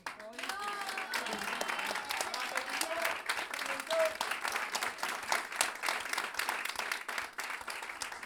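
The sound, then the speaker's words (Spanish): A crowd applauds steadily for several seconds, a dense patter of many hands clapping at an even loudness, with a few voices calling out over it near the start. “Me hoy con un aplauso.”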